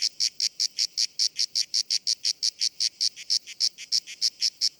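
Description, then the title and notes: Grey cicada producing loud, separate rasping pulses in a rapid, steady rhythm, clear and strong over a quiet background. Most abundant and best-known cicada; its particular rhythm makes it easy to recognise; called Cacan in Provence. "Nouvelle cigale dans &quot;ECOUTEZ NATURE&quot"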